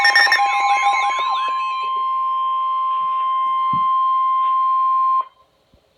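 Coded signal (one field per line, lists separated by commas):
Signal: Emergency Alert System (SAME) tones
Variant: 1050 Hz attention tone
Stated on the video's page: Severe thunderstorm warning alert.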